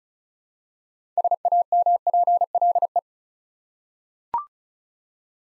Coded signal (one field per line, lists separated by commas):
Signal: Morse code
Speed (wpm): 36 wpm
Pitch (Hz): 700 Hz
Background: none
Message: SAMPLE